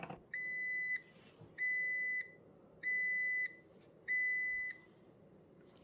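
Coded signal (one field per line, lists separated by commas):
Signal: none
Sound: coffee maker's done beeps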